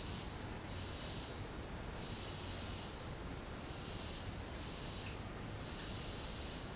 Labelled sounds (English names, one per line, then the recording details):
none
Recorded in secondary vegetation near Puerto Asís, Putumayo, Colombia, on 13 March 2025 at 10:30
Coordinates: 0.484, -76.319
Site G010